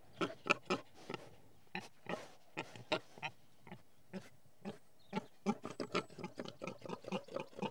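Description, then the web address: Pig grunts and snorts, some harsher and higher, arrive in uneven clusters throughout and grow busier and more overlapping toward the end. Pigs in a field. "BBC Sound Effects Library. Pigs In Field"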